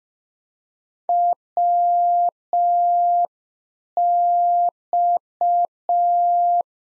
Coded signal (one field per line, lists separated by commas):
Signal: Morse code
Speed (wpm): 5 wpm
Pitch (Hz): 700 Hz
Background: none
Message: WX